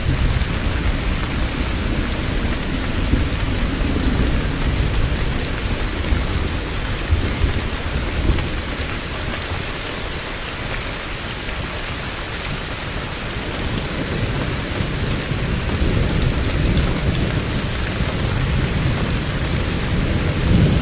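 Steady rain falls throughout, a dense, even hiss spread across the whole range with a heavy patter. Underneath, low rumbling thunder swells and fades, strongest near the start and again toward the end, while the level stays constant overall.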